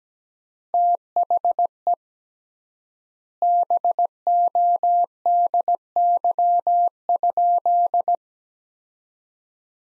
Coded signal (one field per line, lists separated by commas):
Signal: Morse code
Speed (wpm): 17 wpm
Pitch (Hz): 700 Hz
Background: none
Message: THE BODY?